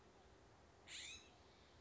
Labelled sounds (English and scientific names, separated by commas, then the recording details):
California Scrub-Jay (Aphelocoma californica)
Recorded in Sonoma County, California